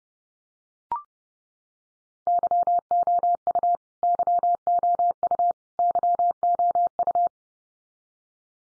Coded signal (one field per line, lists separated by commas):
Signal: Morse code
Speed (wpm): 30 wpm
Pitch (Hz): 700 Hz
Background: none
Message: YOU YOU YOU